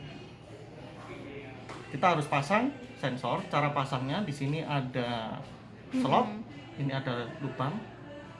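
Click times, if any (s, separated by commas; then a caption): none. A baby skin-temperature sensor plug is being handled at its socket on an infant warmer while someone talks throughout, with a low steady hum in the background. The plug is meant to be pushed into the socket until it clicks, but it has not seated or clicked yet when the clip ends.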